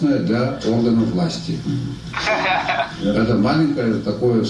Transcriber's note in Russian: Смех в аудитории